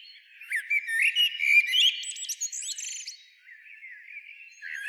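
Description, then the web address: Common blackbird song: a fluty warbled phrase topped with high squeaky twitters, followed by quieter soft notes and a new phrase starting at the end. "SETE data Turdus merula"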